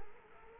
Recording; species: mosquito wingbeat signal from an infrared sensor; Culex quinquefasciatus